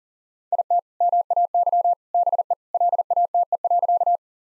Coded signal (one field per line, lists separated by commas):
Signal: Morse code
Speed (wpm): 37 wpm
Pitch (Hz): 700 Hz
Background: none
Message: IT MAY BE LATE.